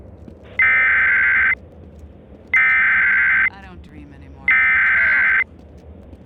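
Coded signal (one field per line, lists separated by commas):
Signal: Emergency Alert System (SAME) tones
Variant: header bursts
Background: speech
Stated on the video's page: Recreation of another creator's fictional scenario; not a real alert.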